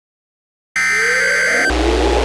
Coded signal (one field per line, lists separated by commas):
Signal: Emergency Alert System (SAME) tones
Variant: header bursts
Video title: An Australian Nightmare | Mini EAS Scenario